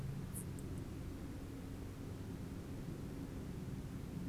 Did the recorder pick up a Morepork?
no